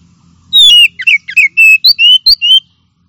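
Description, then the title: Oriental magpie-robin song of rich whistled notes in quick sequence, mixing falling slurs and upward flicks over about two seconds. Champion-grade bird. "Kicau Burung Kacer Juara"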